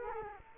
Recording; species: mosquito wingbeat signal from an infrared sensor; Culex quinquefasciatus